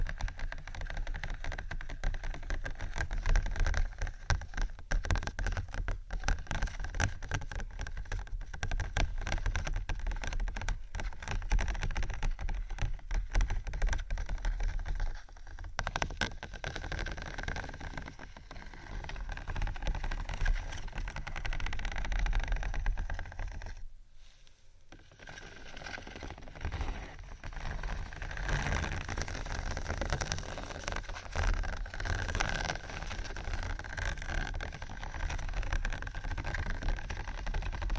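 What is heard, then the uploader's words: Scratching and tapping forms a dense, rough run of rapid strokes over a constant low rumble. The scraping holds steady for most of the clip, briefly falls away around the 24-second mark, then returns slightly brighter and hissier. ScratchingTapping for Relaxation （No Talking）.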